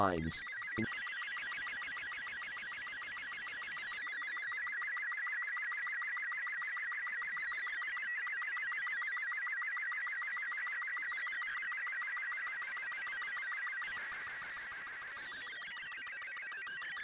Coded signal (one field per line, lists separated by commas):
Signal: SSTV (slow-scan television)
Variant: Robot 36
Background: speech